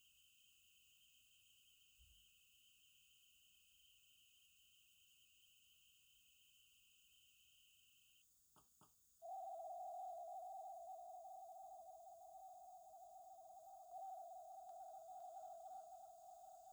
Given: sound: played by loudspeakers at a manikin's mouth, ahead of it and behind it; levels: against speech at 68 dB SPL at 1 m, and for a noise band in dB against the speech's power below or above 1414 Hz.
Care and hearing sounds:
test signals for a remote microphone
0.00-8.21 s: noise band at 2828 Hz, as loud as that band is in speech
8.59 s: click
8.84 s: click
9.21-13.91 s: noise band at 707 Hz, -10 dB
13.91-16.73 s: noise band at 707 Hz, -5 dB
From the record:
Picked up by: remote receiver E, fed by microphone B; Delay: 43 ms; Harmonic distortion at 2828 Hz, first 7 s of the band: under -13 dB (system noise only)

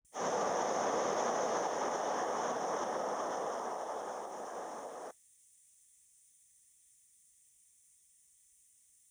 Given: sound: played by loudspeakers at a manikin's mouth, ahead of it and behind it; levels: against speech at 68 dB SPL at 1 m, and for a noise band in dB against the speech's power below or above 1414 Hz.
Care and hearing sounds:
test signals for a remote microphone
0.11-5.11 s: speech-spectrum noise from the mouth, +10 dB
From the record:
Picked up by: remote microphone B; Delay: 24 ms

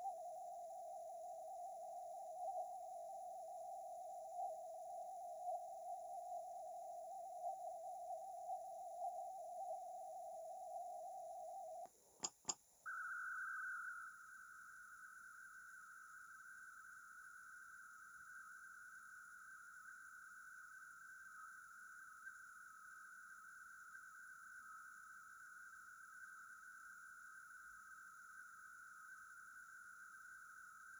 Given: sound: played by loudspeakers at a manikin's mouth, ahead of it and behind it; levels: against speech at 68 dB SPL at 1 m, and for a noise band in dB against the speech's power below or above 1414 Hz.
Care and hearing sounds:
test signals for a remote microphone
0.00-11.85 s: noise band at 707 Hz, as loud as that band is in speech
12.23 s: click
12.48 s: click
12.85-30.99 s: noise band at 1414 Hz, as loud as that band is in speech
From the record:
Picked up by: remote microphone A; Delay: 47 ms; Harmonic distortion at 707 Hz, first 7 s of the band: under -40 dB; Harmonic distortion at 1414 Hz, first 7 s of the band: under -37 dB

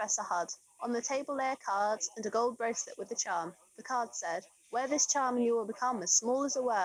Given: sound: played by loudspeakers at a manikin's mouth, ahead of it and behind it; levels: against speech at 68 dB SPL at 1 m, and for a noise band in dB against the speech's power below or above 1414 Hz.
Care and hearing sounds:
test signals for a remote microphone
0.00-6.85 s: woman speaking, babble ahead at +6 dB SNR for speech at 1 m
From the record:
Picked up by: remote microphone C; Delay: 23 ms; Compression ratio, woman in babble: 1.51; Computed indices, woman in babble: HASPI 0.867, HASQI 0.307 (non-linear 0.358, linear 0.857), ESTOI 0.784

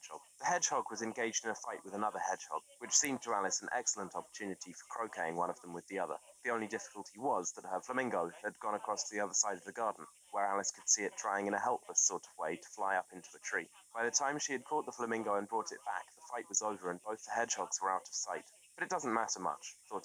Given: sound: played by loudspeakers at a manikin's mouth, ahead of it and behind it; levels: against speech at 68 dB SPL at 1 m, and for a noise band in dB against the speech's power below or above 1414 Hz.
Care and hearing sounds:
test signals for a remote microphone
0.00-20.04 s: man speaking, babble ahead at +6 dB SNR for speech at 1 m
From the record:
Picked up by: remote microphone C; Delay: 23 ms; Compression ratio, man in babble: 1.37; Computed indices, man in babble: HASPI 0.990, HASQI 0.225 (non-linear 0.266, linear 0.842), ESTOI 0.695

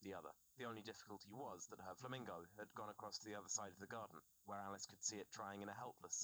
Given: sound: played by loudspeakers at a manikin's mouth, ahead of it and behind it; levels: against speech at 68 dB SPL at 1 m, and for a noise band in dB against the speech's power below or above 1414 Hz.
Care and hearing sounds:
test signals for a remote microphone
0.00-6.24 s: man speaking
From the record:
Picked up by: remote receiver E, fed by microphone B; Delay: 43 ms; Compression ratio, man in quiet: 2.77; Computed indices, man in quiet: SII 0.989, HASPI 1.000, HASQI 0.404 (non-linear 0.458, linear 0.882), ESTOI 0.745

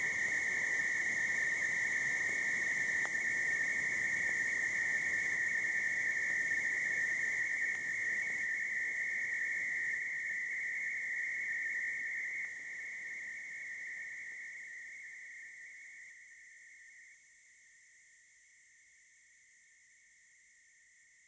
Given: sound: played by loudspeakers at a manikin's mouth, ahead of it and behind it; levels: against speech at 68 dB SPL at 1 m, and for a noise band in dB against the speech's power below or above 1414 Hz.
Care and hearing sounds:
test signals for a remote microphone
0.00-3.05 s: noise band at 2000 Hz, +10 dB
3.05-7.75 s: noise band at 2000 Hz, +5 dB
7.75-12.45 s: noise band at 2000 Hz, 0 dB
12.45-17.14 s: noise band at 2000 Hz, -5 dB
17.14-21.28 s: noise band at 2000 Hz, -10 dB
From the record:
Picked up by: remote microphone D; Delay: 24 ms

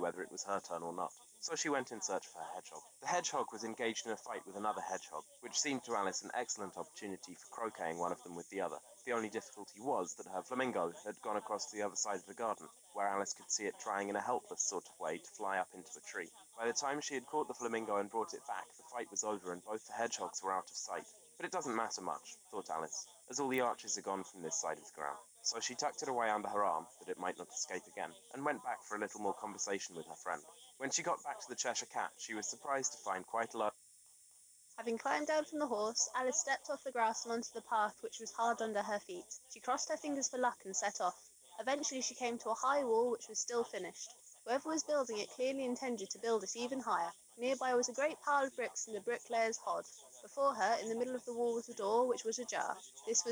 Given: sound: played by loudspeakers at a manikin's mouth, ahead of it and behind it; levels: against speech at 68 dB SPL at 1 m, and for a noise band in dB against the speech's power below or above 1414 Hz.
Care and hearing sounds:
test signals for a remote microphone
0.00-33.69 s: man speaking, babble ahead at +6 dB SNR for speech at 1 m
34.69-53.32 s: woman speaking, babble ahead at +6 dB SNR for speech at 1 m
From the record:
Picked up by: remote microphone D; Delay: 24 ms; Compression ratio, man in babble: 1.14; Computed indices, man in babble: HASPI 0.996, HASQI 0.277 (non-linear 0.318, linear 0.872), ESTOI 0.748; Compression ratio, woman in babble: 1.06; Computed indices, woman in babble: HASPI 0.873, HASQI 0.329 (non-linear 0.380, linear 0.865), ESTOI 0.825

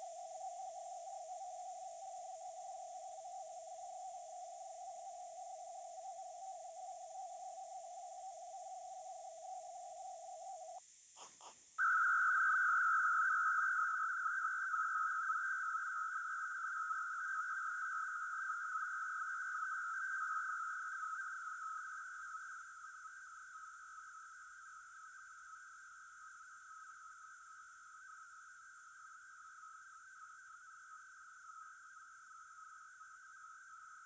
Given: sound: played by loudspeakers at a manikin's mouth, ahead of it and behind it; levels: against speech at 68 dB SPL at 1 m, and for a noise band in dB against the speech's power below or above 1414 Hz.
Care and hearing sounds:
test signals for a remote microphone
0.00-10.78 s: noise band at 707 Hz, as loud as that band is in speech
11.78-34.06 s: noise band at 1414 Hz, as loud as that band is in speech
From the record:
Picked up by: remote microphone B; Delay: 24 ms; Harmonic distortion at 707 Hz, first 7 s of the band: under -29 dB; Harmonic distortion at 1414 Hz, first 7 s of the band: under -43 dB

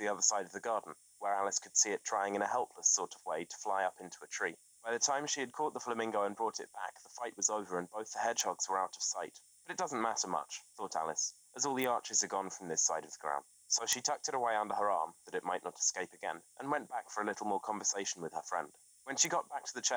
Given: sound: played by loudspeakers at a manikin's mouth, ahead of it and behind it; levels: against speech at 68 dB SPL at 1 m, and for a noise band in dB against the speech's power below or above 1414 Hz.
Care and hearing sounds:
test signals for a remote microphone
0.00-19.97 s: man speaking
From the record:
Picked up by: remote microphone B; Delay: 24 ms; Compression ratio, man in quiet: 2.01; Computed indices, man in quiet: SII 0.993, HASPI 0.999, HASQI 0.298 (non-linear 0.353, linear 0.843), ESTOI 0.753

